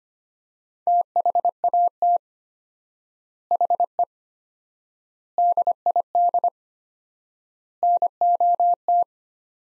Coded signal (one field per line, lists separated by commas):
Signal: Morse code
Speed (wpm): 25 wpm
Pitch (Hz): 700 Hz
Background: none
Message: THAT HE DID NOT